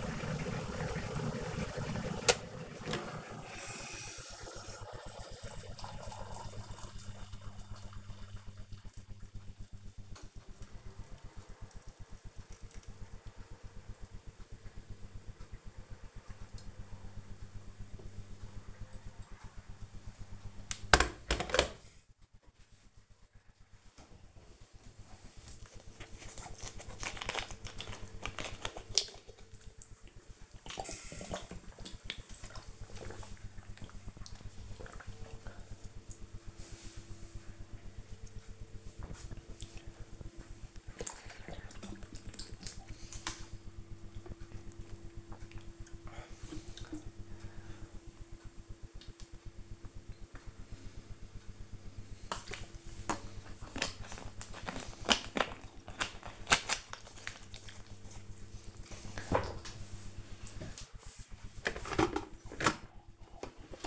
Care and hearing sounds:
household activities, microphone on the right wrist
0.00-21.76 s: making tea
26.77-53.94 s: drinking
62.01-63.87 s: making tea

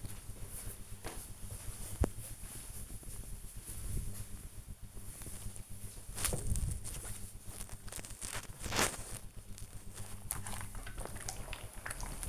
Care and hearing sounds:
household activities, microphone on the right wrist
0.00-12.29 s: ironing laundry

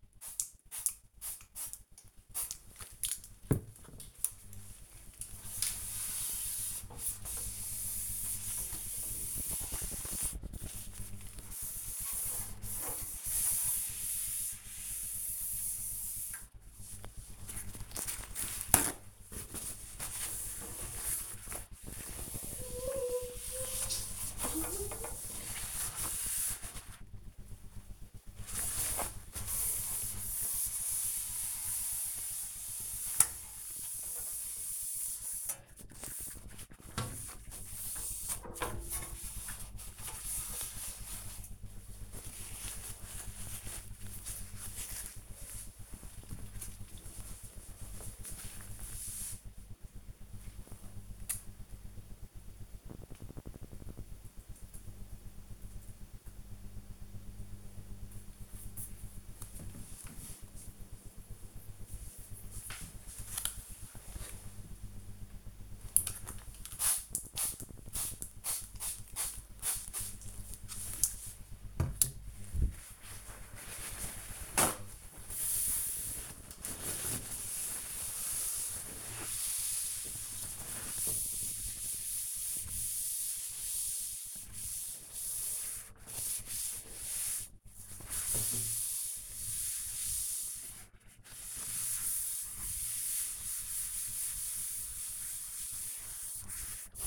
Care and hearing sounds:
household activities, microphone on the right wrist
0.00-40.84 s: bathroom cleaning (mirror)
65.00-97.07 s: cleaning door

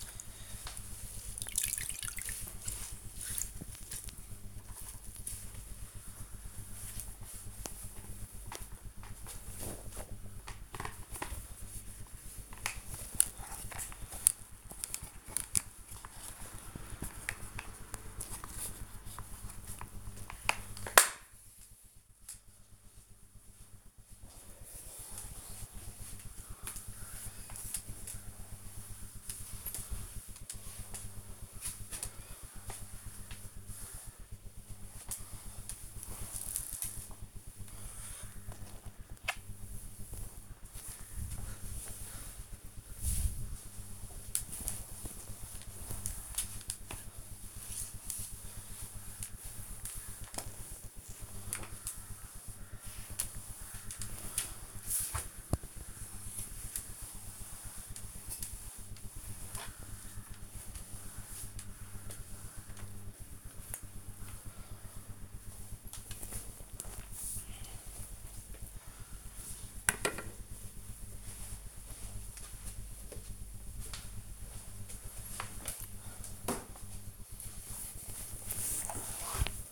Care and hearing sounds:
household activities, microphone on the right wrist
0.00-64.69 s: floor cleaning

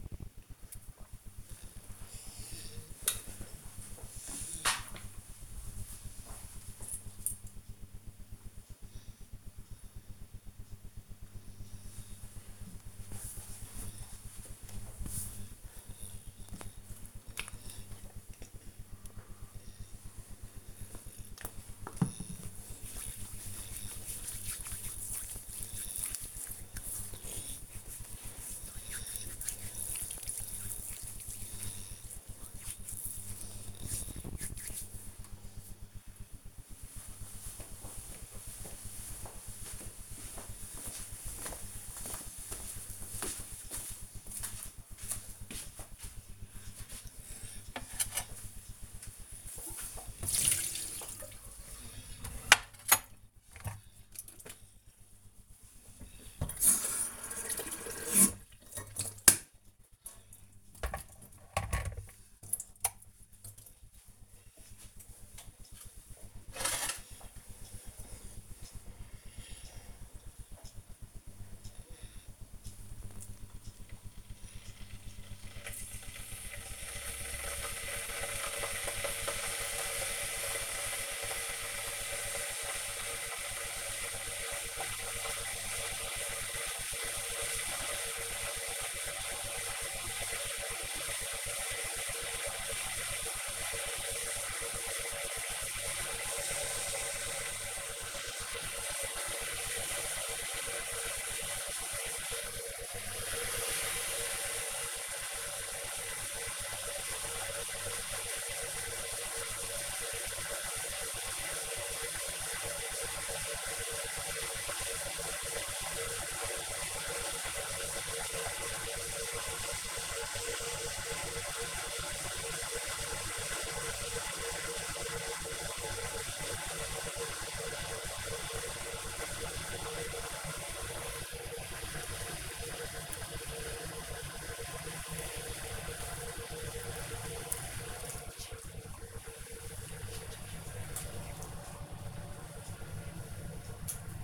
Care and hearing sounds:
household activities, microphone on the right wrist
17.04-35.16 s: cream hands
46.21-144.24 s: making tea

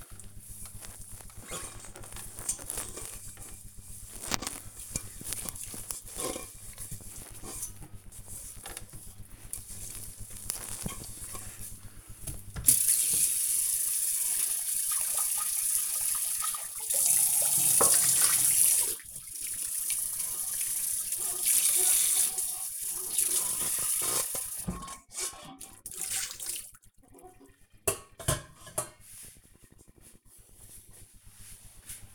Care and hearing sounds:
household activities, microphone on the right wrist
0.00-31.15 s: washing dishes

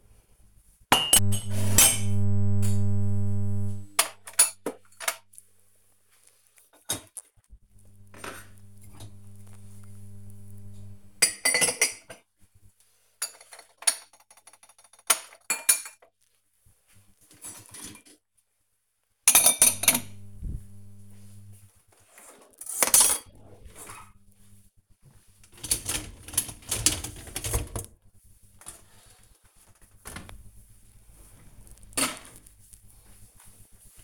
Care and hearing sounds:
household activities, microphone on the right wrist
0.00-29.58 s: cleaning out the dishwasher

